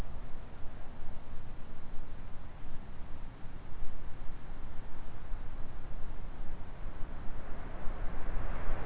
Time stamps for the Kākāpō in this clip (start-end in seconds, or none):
none